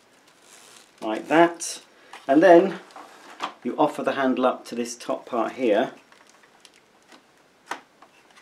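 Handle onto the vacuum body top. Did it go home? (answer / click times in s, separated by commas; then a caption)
yes / 7.7 s. Someone talks while the handle of a Dyson Small Ball Multifloor vacuum cleaner is offered up to the top part of the machine, followed by a few faint handling taps. The handle is pushed down onto the vacuum body top until its plastic latch gives a sharp click at 7.7 s, and the handle is seated.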